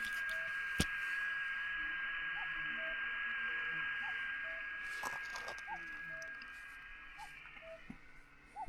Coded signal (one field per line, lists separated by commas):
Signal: FT8